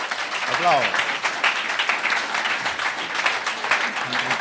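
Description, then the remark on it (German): Steady applause from a crowd, a dense rattle of many clapping hands at fairly even loudness throughout, with a brief voice and faint murmurs mixed in at moments. “Applaus.”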